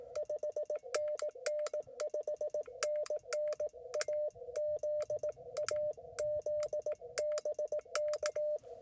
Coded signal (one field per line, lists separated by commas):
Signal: Morse code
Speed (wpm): 19 wpm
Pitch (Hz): 590 Hz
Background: none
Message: 5NN 5NN AZ AZ BK